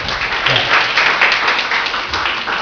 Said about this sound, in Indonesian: Tepuk tangan sekali lagi untuk mereka.